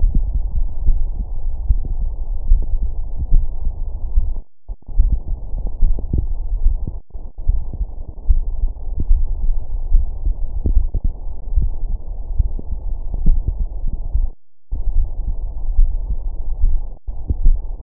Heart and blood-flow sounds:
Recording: heart sounds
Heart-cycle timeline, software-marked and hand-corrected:
0.00	0.02	diastole
0.02	0.14	S1
0.14	0.26	systole
0.26	0.40	S2
0.40	0.86	diastole
0.86	1.02	S1
1.02	1.08	systole
1.08	1.16	S2
1.16	1.64	diastole
1.64	1.80	S1
1.80	1.88	systole
1.88	1.98	S2
1.98	2.48	diastole
2.48	2.62	S1
2.62	2.70	systole
2.70	2.80	S2
2.80	3.32	diastole
3.32	3.46	S1
3.46	3.52	systole
3.52	3.60	S2
3.60	4.14	diastole
4.14	4.24	S1
4.24	4.30	systole
4.30	4.38	S2
4.38	4.96	diastole
4.96	5.10	S1
5.10	5.12	systole
5.12	5.22	S2
5.22	5.82	diastole
5.82	5.98	S1
5.98	6.10	systole
6.10	6.20	S2
6.20	6.64	diastole
6.64	6.78	S1
6.78	6.82	systole
6.82	6.92	S2
6.92	7.46	diastole
7.46	7.58	S1
7.58	7.66	systole
7.66	7.74	S2
7.74	8.28	diastole
8.28	8.42	S1
8.42	8.48	systole
8.48	8.56	S2
8.56	9.08	diastole
9.08	9.24	S1
9.24	9.32	systole
9.32	9.42	S2
9.42	9.92	diastole
9.92	10.04	S1
10.04	10.10	systole
10.10	10.18	S2
10.18	10.70	diastole
10.70	10.84	S1
10.84	10.92	systole
10.92	11.02	S2
11.02	11.54	diastole
11.54	11.70	S1
11.70	11.78	systole
11.78	11.88	S2
11.88	12.38	diastole
12.38	12.50	S1
12.50	12.56	systole
12.56	12.66	S2
12.66	13.24	diastole
13.24	13.40	S1
13.40	13.48	systole
13.48	13.58	S2
13.58	14.14	diastole
14.14	14.28	S1
14.28	14.34	systole
14.34	14.42	S2
14.42	14.94	diastole
14.94	15.06	S1
15.06	15.14	systole
15.14	15.24	S2
15.24	15.76	diastole
15.76	15.92	S1
15.92	16.04	systole
16.04	16.16	S2
16.16	16.62	diastole
16.62	16.78	S1
16.78	16.84	systole
16.84	16.92	S2
16.92	17.44	diastole
17.44	17.58	S1
17.58	17.66	systole
17.66	17.74	S2
17.74	17.83	diastole
From the record:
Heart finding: coronary artery disease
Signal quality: good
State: rest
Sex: male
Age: 72 years

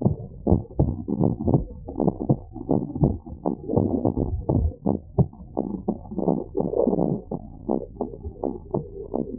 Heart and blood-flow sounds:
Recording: heart sounds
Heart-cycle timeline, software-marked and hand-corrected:
0.00	0.04	systole
0.04	0.16	S2
0.16	0.48	diastole
0.48	0.62	S1
0.62	0.80	systole
0.80	0.94	S2
0.94	1.20	diastole
1.20	1.32	S1
1.32	1.48	systole
1.48	1.62	S2
1.62	1.98	diastole
1.98	2.08	S1
2.08	2.28	systole
2.28	2.38	S2
2.38	2.70	diastole
2.70	2.82	S1
2.82	3.00	systole
3.00	3.14	S2
3.14	3.48	diastole
3.48	3.58	S1
3.58	3.78	systole
3.78	3.92	S2
3.92	4.26	diastole
4.26	4.40	S1
4.40	4.56	systole
4.56	4.72	S2
4.72	5.14	diastole
5.14	5.28	S1
5.28	5.48	systole
5.48	5.58	S2
5.58	5.94	diastole
5.94	6.04	S1
6.04	6.26	systole
6.26	6.38	S2
6.38	6.76	diastole
6.76	6.88	S1
6.88	7.10	systole
7.10	7.22	S2
7.22	7.64	diastole
7.64	7.76	S1
7.76	7.98	systole
7.98	8.08	S2
8.08	8.44	diastole
8.44	8.54	S1
8.54	8.76	systole
8.76	8.84	S2
8.84	9.16	diastole
9.16	9.26	S1
9.26	9.39	systole
From the record:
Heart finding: normal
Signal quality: good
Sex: male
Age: 62 years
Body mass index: 24.2

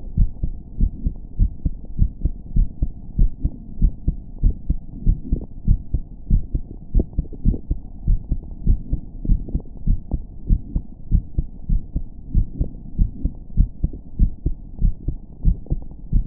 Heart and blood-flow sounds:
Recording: heart sounds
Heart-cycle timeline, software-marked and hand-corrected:
0.00	0.16	diastole
0.16	0.28	S1
0.28	0.42	systole
0.42	0.52	S2
0.52	0.80	diastole
0.80	0.92	S1
0.92	1.04	systole
1.04	1.14	S2
1.14	1.40	diastole
1.40	1.52	S1
1.52	1.64	systole
1.64	1.72	S2
1.72	2.00	diastole
2.00	2.10	S1
2.10	2.24	systole
2.24	2.32	S2
2.32	2.56	diastole
2.56	2.68	S1
2.68	2.80	systole
2.80	2.90	S2
2.90	3.18	diastole
3.18	3.30	S1
3.30	3.44	systole
3.44	3.52	S2
3.52	3.80	diastole
3.80	3.92	S1
3.92	4.06	systole
4.06	4.16	S2
4.16	4.42	diastole
4.42	4.54	S1
4.54	4.68	systole
4.68	4.78	S2
4.78	5.06	diastole
5.06	5.18	S1
5.18	5.30	systole
5.30	5.40	S2
5.40	5.68	diastole
5.68	5.80	S1
5.80	5.92	systole
5.92	6.02	S2
6.02	6.30	diastole
6.30	6.42	S1
6.42	6.54	systole
6.54	6.64	S2
6.64	6.94	diastole
6.94	7.04	S1
7.04	7.14	systole
7.14	7.20	S2
7.20	7.46	diastole
7.46	7.58	S1
7.58	7.70	systole
7.70	7.78	S2
7.78	8.06	diastole
8.06	8.18	S1
8.18	8.30	systole
8.30	8.38	S2
8.38	8.66	diastole
8.66	8.78	S1
8.78	8.92	systole
8.92	9.00	S2
9.00	9.28	diastole
9.28	9.40	S1
9.40	9.52	systole
9.52	9.60	S2
9.60	9.88	diastole
9.88	9.98	S1
9.98	10.12	systole
10.12	10.20	S2
10.20	10.48	diastole
10.48	10.60	S1
10.60	10.74	systole
10.74	10.82	S2
10.82	11.12	diastole
11.12	11.22	S1
11.22	11.36	systole
11.36	11.46	S2
11.46	11.72	diastole
11.72	11.82	S1
11.82	11.94	systole
11.94	12.04	S2
12.04	12.34	diastole
12.34	12.46	S1
12.46	12.58	systole
12.58	12.68	S2
12.68	12.98	diastole
12.98	13.10	S1
13.10	13.22	systole
13.22	13.30	S2
13.30	13.58	diastole
13.58	13.70	S1
13.70	13.82	systole
13.82	13.92	S2
13.92	14.20	diastole
14.20	14.32	S1
14.32	14.44	systole
14.44	14.54	S2
14.54	14.82	diastole
14.82	14.94	S1
14.94	15.06	systole
15.06	15.16	S2
15.16	15.46	diastole
15.46	15.58	S1
15.58	15.72	systole
15.72	15.82	S2
15.82	16.14	diastole
16.14	16.26	S1
16.26	16.27	systole
From the record:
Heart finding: normal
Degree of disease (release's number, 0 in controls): 0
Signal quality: good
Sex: male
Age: 24 years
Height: 1.74 m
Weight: 72 kg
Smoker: no

